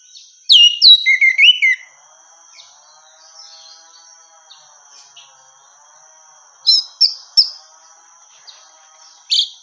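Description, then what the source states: Orange-headed thrush song in two brief bursts of high, sharp, downslurred whistles near the start and again toward the end, with quiet gaps and a faint steady whine behind. Female bird.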